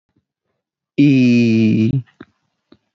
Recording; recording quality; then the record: sustained vowel as in beet; excellent, no background noise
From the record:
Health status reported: exposed to COVID-19, no respiratory illness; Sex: male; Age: 30 years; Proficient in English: yes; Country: United States